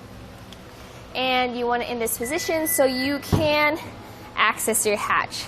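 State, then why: Seated. A Curt four-bike hitch bike rack on a 2020 Toyota RAV4 has its mast tilted down after the pin is pulled and the lever lifted, and its metal tilt latch on the rack shank clicks at 0.5 s as it locks into the lowered position. Someone then talks. The rack is left lowered so the hatch can be opened.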